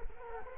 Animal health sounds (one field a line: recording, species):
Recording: mosquito wingbeat signal from an infrared sensor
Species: Culex quinquefasciatus